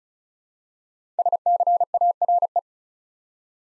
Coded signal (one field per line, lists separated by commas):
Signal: Morse code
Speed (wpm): 36 wpm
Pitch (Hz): 700 Hz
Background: none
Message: SCARE